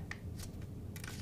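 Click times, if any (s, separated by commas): 0.1 s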